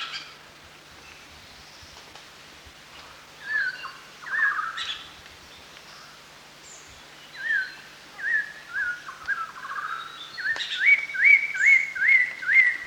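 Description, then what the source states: Chestnut-hooded laughingthrush calls: scattered whistled notes, then a rapid, rhythmic burst of bright slurred whistles at the end. Recorded at Danum on 1 March 2008.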